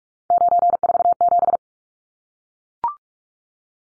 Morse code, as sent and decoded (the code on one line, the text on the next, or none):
----. ....- --...
947